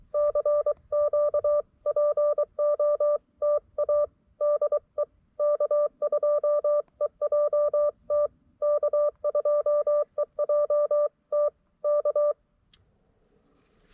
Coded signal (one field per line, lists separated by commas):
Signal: Morse code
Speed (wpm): 23 wpm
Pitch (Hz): 590 Hz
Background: none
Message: CQ POTA DE K2EJT K2EJT K